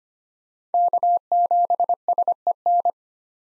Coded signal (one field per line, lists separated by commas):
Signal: Morse code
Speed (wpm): 25 wpm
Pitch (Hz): 700 Hz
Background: none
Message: K7SEN